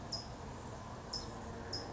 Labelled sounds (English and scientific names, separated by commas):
California Towhee (Melozone crissalis)